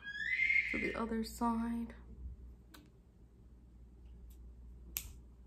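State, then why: Seated. Someone talks while the other end of the band is slid into the second slot on an Elderberry-colour Apple Watch SE 2022 case. A sharp click at 5.0 s marks the band end locking into place.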